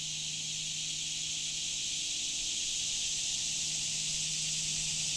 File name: Summer Insects July 2017 Shawnee National Forest